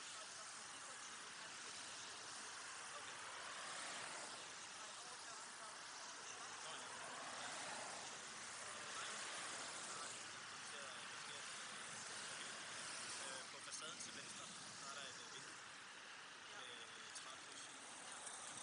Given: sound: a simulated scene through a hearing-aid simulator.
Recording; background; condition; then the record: conversation; traffic; -6 dB SNR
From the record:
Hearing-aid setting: anchor resembling a broken hearing aid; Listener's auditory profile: A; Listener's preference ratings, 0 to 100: 2, 0, 0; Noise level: 75 dB SPL